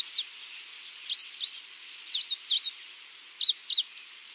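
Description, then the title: Coal-crested finch calls: quick pairs of high, sharply slurred chirps in a loose irregular series, with a faint steady hiss behind. "LuckyPassaro Completos2Sama. Coal-crested Finch (Charitospiza eucosma)"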